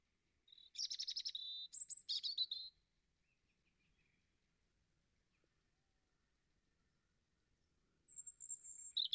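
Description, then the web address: European robin song: two bursts of thin, high, tumbling warbled notes with short trills, a long quiet gap, then another sweet high phrase starts near the end. "Deverinetal 2025"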